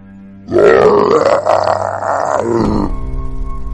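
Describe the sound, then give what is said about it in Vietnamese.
A winged monster, the Lục Túc Đao Trì, roars in pain after an arrow pierces its left wing: one loud, rough, guttural bellow lasting over two seconds with a strained, wavering pitch, then cutting off into a low lingering rumble. No one speaks. “Rống lên một tiếng đau đớn, Lục Túc Đao Trì không kiểm soát được thân thể, nghiêng mạnh, thân thể đâm vào một cây đại thụ bên cạnh, làm cây đại thụ vỡ tan thành bụi gỗ.”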